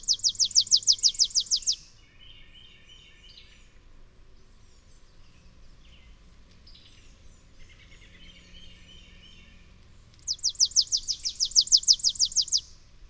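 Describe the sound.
Bird song: a rapid trill of high descending notes opens, quiet twittering and scratchy notes follow for several seconds, then a second matching trill closes.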